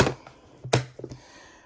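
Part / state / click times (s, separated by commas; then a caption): dust bin into upright vacuum cleaner body / seated / 0.0 s, 0.7 s. A plastic dust bin with its filter is fitted back onto the upright body of a Bissell Powerforce Helix Turbo Pet 3332 vacuum cleaner. It latches with sharp plastic clicks at 0.0 s and 0.7 s, followed by a few fainter taps around 1.0 to 1.1 s. The bin is seated in place.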